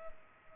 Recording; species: mosquito wingbeat signal from an infrared sensor; Culex pipiens